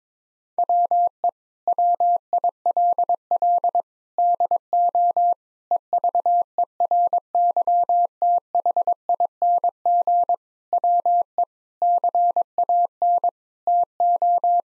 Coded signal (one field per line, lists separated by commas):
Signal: Morse code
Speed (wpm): 21 wpm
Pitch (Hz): 700 Hz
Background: none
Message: WE WILL DO EVERYTHING WE CAN TO